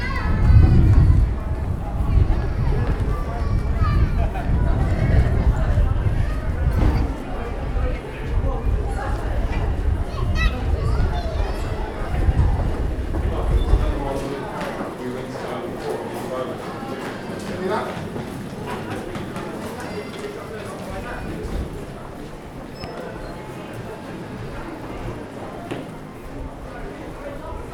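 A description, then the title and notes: A busy street market full of people, with many overlapping voices forming a dense, steady chatter. Heavy low rumble fills the first fourteen seconds, then drops away, leaving the crowd talk slightly quieter. Scattered clicks and clattering knocks appear throughout. Captured throughout a market in a high street. The market is packed with people. Many stalls fill the air with the smell of freshly cooked food. The street is decorated with Christmas lights.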